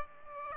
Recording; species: mosquito wingbeat signal from an infrared sensor; Aedes aegypti